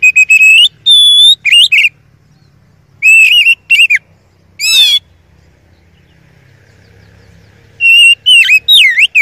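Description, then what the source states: Oriental magpie-robin song: clear whistled phrases, a steady high note, a harsh rasping burst midway, then slurred swooping whistles at the end. Masteran training song of a first-place champion kacer.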